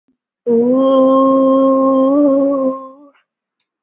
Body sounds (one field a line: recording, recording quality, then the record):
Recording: sustained vowel as in boot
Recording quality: excellent, no background noise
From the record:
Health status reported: COVID-19 positive, no symptoms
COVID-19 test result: positive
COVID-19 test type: RT-PCR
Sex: female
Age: 23 years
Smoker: no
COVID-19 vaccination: both doses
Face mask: worn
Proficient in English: yes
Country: India